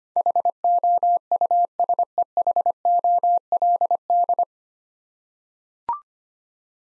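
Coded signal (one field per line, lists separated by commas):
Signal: Morse code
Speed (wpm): 25 wpm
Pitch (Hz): 700 Hz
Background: none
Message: HOUSEHOLD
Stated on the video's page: Morse head-copy practice of nine-letter words at 25 wpm; each word is sent, spoken, then sent again.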